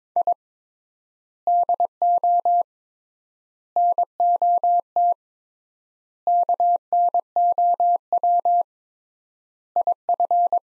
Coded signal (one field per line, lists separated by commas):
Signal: Morse code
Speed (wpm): 22 wpm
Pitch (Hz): 700 Hz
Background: none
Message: I DO NOT KNOW IF